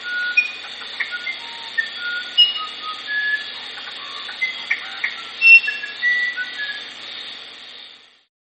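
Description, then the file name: Musician wren song of varied pure whistles, some bright and high, others lower and fluty, over a steady hissing background. "strzyżoń muzykalny"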